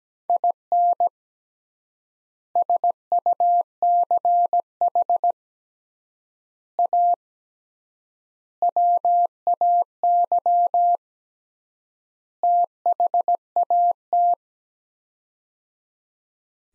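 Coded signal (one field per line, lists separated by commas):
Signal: Morse code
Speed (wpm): 17 wpm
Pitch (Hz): 700 Hz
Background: none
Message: IN SUCH A WAY THAT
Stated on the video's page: Morse practice of five-word sets at 17 wpm with 3x word spacing, a Farnsworth-like method using words instead of characters.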